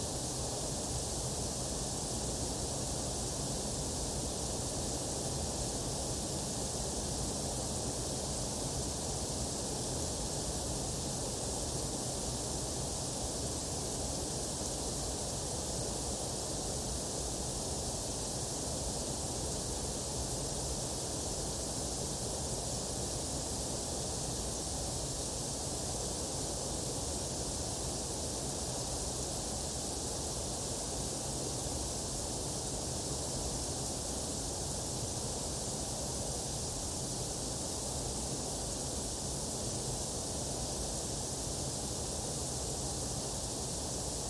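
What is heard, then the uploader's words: Steady white noise hisses evenly throughout, bright and dense with a faint low rumble underneath and a slightly hollow midrange, never changing. SOOTHING WHITE NOISE.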